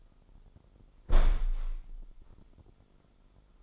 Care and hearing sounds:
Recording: daily activity, microphone in the room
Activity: close window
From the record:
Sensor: 5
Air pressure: 995.9 hPa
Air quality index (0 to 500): 98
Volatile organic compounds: 6 ppm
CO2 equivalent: 1879 ppm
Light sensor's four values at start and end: 40/97/39/41 and 40/97/39/41

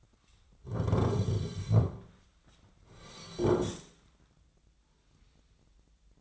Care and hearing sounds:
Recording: daily activity, microphone in the room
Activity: sit down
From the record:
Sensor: 3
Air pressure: 1009.2 hPa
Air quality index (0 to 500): 183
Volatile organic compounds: 3 ppm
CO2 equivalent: 1477 ppm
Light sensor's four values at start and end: 42/107/48/49 and 51/129/57/58

